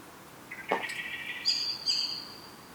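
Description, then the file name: Common blackbird call: a brief lower buzzy note with a sharp click, followed by a thin, high, level whistle with slight pulsing. "Turdus merula"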